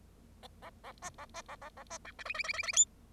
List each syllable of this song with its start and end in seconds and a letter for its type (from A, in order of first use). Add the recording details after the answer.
0.62-0.70 A, 0.83-0.92 A, 1.01-1.10 B, 1.18-1.25 A, 1.34-1.42 B, 1.48-1.56 A, 1.61-1.69 A, 1.77-1.83 A, 1.90-1.98 B, 2.05-2.11 C, 2.18-2.24 D, 2.25-2.33 E, 2.34-2.43 E, 2.44-2.53 E, 2.53-2.62 E, 2.63-2.72 E, 2.72-2.85 F. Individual Bird0